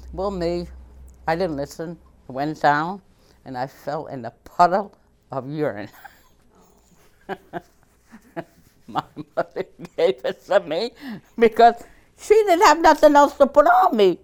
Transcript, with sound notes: Well, me, I didn't listen, I went down, and I fell in a puddle of urine. ( she laughs ) My mother gave it to me, because she didn't have nothing else to put on me.